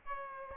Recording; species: mosquito wingbeat signal from an infrared sensor; Aedes albopictus